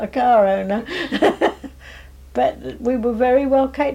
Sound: laughs